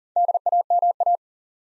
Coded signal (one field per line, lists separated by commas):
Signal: Morse code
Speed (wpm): 42 wpm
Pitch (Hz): 700 Hz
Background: none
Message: DAMA